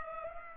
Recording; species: mosquito wingbeat signal from an infrared sensor; Culex pipiens